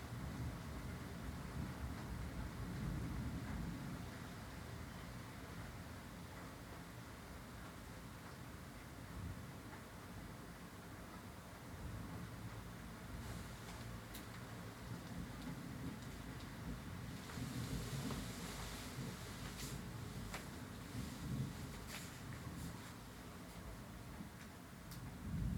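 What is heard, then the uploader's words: Stormy weather with rain and a low, rolling rumble of thunder that stays steady throughout. From about the seventeen-second mark a brighter hiss of heavier rain swells in, with scattered sharp ticks and patters, before easing slightly near the end. Dozing through thunder and rain, Tulse Hill, London, UK. The stormy weather rolled in around South London. My room is situated within a block of flats.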